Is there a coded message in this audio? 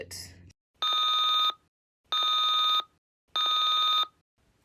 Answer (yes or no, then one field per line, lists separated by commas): no